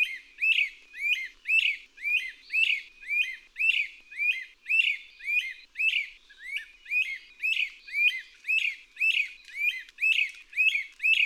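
Bird song: a high, sharp phrase repeated many times in a series.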